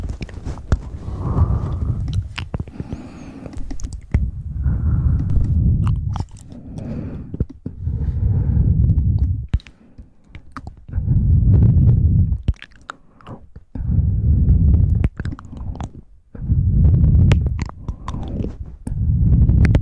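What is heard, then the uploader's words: Close mouth sounds: soft, low chewing-like bursts come in waves every two to three seconds, each lasting about a second or two. Sharp little clicks and wet smacks cut through between them, with brief quiet gaps around ten and sixteen seconds. ASMR Close Mouth Sounds.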